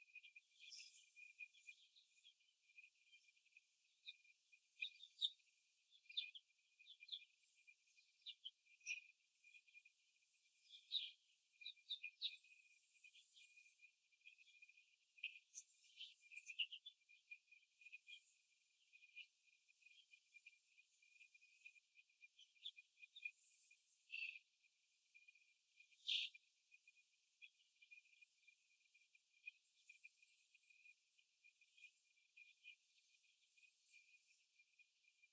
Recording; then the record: young laying hens in a cage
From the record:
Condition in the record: after the stressor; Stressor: simulated dog barking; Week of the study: 2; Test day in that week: 2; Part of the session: 3